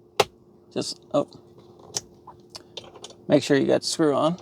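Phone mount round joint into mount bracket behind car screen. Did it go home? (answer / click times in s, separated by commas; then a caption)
yes / 0.2 s. The round plastic joint of a foldable phone mount for a Tesla Model 3/Y is laid over its socket on the mount bracket behind the car screen and pushed in. A single sharp click at 0.2 s shows it has seated. Someone talks afterward over faint tapping sounds.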